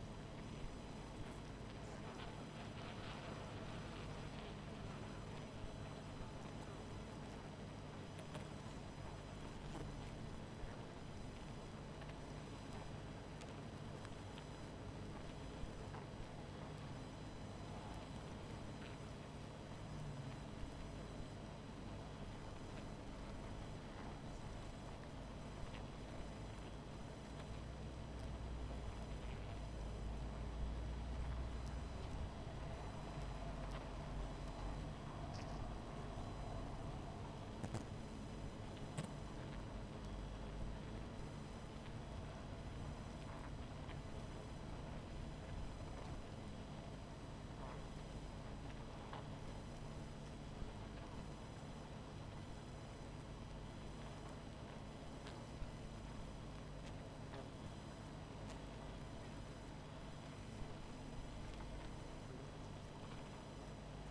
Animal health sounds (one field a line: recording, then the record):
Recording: honeybee colony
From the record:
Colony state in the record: missing queen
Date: 14 July 2017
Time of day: 20:20